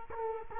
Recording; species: mosquito wingbeat signal from an infrared sensor; Culex quinquefasciatus